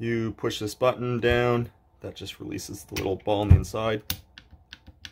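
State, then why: Not seated. Someone talks while pressing the release button on a battery hydraulic crimper head, which frees the retaining ball, and handling a metal compression die going into the head. Sharp metallic ticks sound at about 4.4, 4.7 and 5.1 seconds. The die has not seated or locked in yet.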